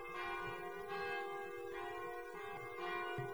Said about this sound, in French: Le veuf, ce jour-là, revécut plus douloureusement tout son passé, à cause de ces temps gris de novembre, où les cloches, dirait-on, sèment dans l'air des poussières de son, la cendre morte des années.